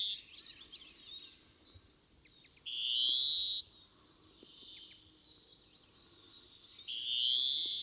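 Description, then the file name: European greenfinch repeating a drawn-out rising buzzy wheeze, with faint chirping between. "Chloris chloris"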